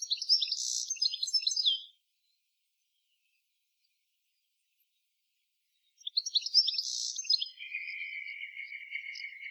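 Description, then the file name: European goldfinch song, a fast liquid twitter of high chirps in two bursts, the second trailing into a drawn-out, slightly wavering whistled note. "Carduelis carduelis"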